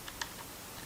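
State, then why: Not seated. A lavalier microphone cable connector is handled at the port of a wireless bodypack transmitter (Phenyx Pro PTV2000 system) as it is pushed toward the port. A soft tick is heard at about 0.1 s and a sharper tick at about 0.2 s over a quiet background. Nothing has seated or clicked yet.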